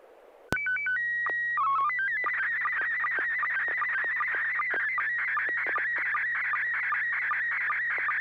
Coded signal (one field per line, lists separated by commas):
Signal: SSTV (slow-scan television)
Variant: PD 50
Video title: N6NA SSTV Net - 12/03/2025